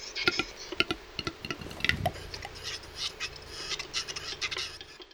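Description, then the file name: Western capercaillie displaying: tapping clicks accelerate over two seconds into a hollow pop, then a rasping, scraping whetting sequence runs to the end. "Tetrao urogallus"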